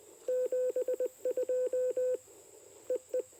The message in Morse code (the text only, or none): 72 EE